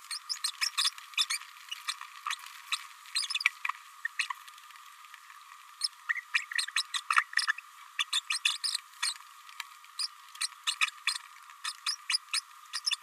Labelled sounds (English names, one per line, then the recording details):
Green-rumped Parrotlet babbling
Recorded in a nest box in Venezuela
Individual 18B104A5